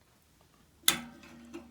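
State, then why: Seated. A 17 mm spanner tightens the nut on a steel castor wheel bolt under a fire pit, compressing the second split lock washer. A sharp, bright snap at 0.9 s rings and fades, followed by a quieter metallic sound around 1.5 s. The second lock washer snaps flat and the nut is seated.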